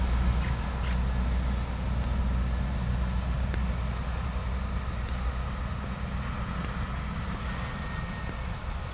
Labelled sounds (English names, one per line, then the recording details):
none
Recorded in pastures near Puerto Asís, Putumayo, Colombia, on 18 December 2024 at 12:30
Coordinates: 0.497, -76.327
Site G088